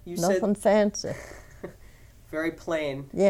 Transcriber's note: he laughs